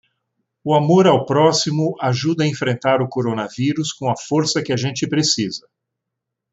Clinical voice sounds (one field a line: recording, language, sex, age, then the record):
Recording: spoken sentence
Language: Brazilian Portuguese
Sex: male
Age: 60 to 69 years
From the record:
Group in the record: control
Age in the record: 65 years